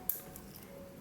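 The repaired metal bracelet clasp of a Rolex Sea-Dweller watch, loose as intended, is snapped shut, and its metal blade latches into the clasp with a sharp, bright click at 0.1 s. Two fainter ticks follow at about 0.4 and 0.6 s over a low steady background, and the clasp is back in place.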